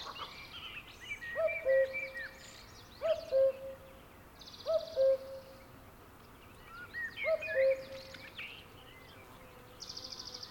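Cuckoo repeating a low two-note descending 'cu-coo' four times, interleaved with chattering and whistling from other small birds.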